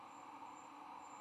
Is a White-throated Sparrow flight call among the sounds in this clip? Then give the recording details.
no. No flight call is heard. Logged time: 02:51 on 9 November 2014